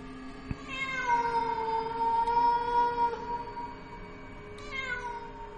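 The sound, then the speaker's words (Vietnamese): A cat lets out long, drawn-out yowls at night, its pitched harmonic wail holding steady for seconds before rising into another cry, with no talking. “Nhưng nó vẫn tiến dần về cái chỗ con mèo vẫn đang kêu réo lên từng hồi.”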